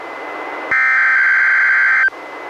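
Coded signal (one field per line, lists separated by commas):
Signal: Emergency Alert System (SAME) tones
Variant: header bursts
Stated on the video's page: Two NOAA Weather Radio required weekly tests, received on a Reecom R-1630 weather radio and recorded through a Zoom H1 recorder.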